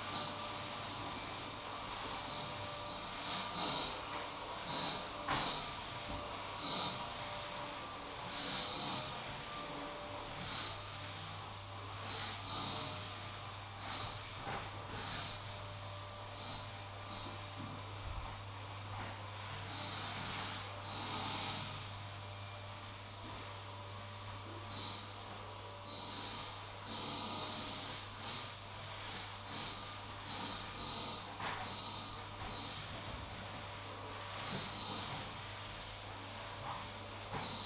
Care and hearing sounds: daily activity, microphone in the room; vacuum cleaning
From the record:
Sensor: 1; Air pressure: 988.7 hPa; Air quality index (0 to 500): 198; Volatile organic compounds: 986 ppm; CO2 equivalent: 5282 ppm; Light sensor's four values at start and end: 25/93/35/37 and 25/93/35/36

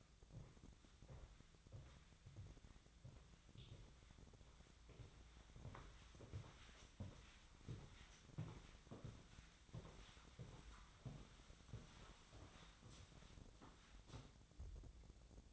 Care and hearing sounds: daily activity, microphone in the room; walk to room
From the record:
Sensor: 3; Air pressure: 1010.1 hPa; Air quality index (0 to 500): 180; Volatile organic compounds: 12 ppm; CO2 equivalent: 2353 ppm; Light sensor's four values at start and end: 42/105/45/49 and 42/102/45/48

